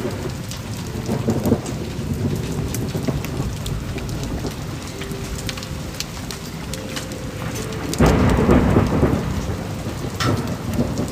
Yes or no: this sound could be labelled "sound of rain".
yes